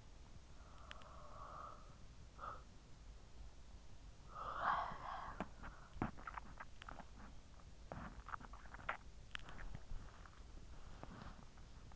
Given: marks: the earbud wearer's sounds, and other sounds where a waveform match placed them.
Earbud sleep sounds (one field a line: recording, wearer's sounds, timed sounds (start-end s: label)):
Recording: sounds in sleep by an in-ear microphone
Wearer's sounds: breath, body movement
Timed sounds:
0.00-5.77 s: breath
5.77-11.96 s: body movement